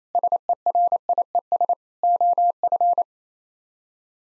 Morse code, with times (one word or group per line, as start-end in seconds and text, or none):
0.1-1.7 SERIES
2.0-3.0 OF